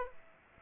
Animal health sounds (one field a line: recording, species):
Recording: mosquito wingbeat signal from an infrared sensor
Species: Aedes aegypti